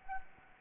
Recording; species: mosquito wingbeat signal from an infrared sensor; Anopheles gambiae